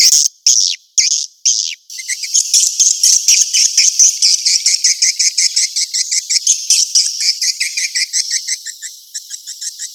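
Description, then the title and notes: Swiftlet calls: a few separated chirp bursts, then a steady, rattling train of rapidly repeated high chirps. Call used for swiftlet farming in Asia. "Swiflet Bird Sound. Farming Swiflet Bird asia sound"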